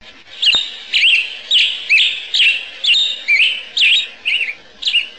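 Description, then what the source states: Black-headed grosbeak giving a rapid series of about ten short, rich whistled phrases, each sliding and warbling, roughly two per second, with one sharp click near the start. Nocturnal flight call.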